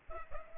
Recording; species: mosquito wingbeat signal from an infrared sensor; Culex pipiens